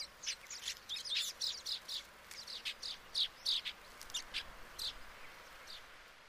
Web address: sound Baya-weaver. صدای-پرنده-جولای-بایا